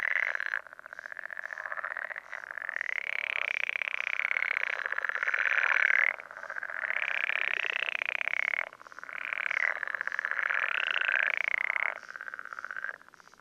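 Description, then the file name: Pool frog giving long pulsed rattling trills that last several seconds each, with brief gaps between. "life dviete. pelophylax lessonae"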